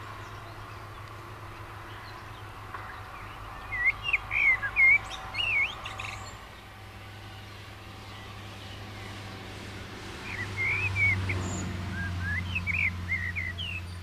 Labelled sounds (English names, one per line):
Common Blackbird song